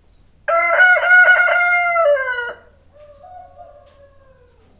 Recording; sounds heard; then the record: poultry house recording; healthy chickens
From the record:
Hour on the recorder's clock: 0